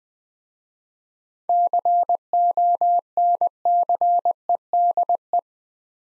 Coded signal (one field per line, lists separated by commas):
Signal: Morse code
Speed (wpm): 20 wpm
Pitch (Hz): 700 Hz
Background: none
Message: CONCEDE